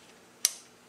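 An Atlas rifle bipod leg is rotated from the 90-degree position into its 45-degree rearward position and locks into its pivot detent. A single sharp, bright metallic click sounds at 0.5 s and decays quickly, with near silence before and after. The leg is seated and locked in the detent.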